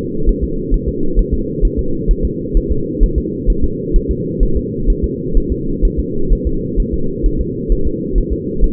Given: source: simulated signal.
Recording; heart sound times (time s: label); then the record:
fetal heart sounds
0.29 s: S1
0.44 s: S2
0.74 s: S1
0.89 s: S2
1.19 s: S1
1.34 s: S2
1.65 s: S1
1.79 s: S2
2.11 s: S1
2.25 s: S2
2.57 s: S1
2.72 s: S2
3.03 s: S1
3.18 s: S2
3.50 s: S1
3.64 s: S2
3.96 s: S1
4.11 s: S2
4.43 s: S1
4.57 s: S2
4.90 s: S1
5.04 s: S2
5.37 s: S1
5.52 s: S2
5.85 s: S1
6.00 s: S2
6.33 s: S1
6.47 s: S2
6.80 s: S1
6.94 s: S2
7.26 s: S1
7.41 s: S2
7.72 s: S1
7.87 s: S2
8.18 s: S1
8.33 s: S2
8.64 s: S1
From the record:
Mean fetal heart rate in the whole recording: 130 bpm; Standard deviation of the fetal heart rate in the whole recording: 2 bpm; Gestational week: 38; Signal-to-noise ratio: -8.1 dB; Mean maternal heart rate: 72 bpm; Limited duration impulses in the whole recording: absent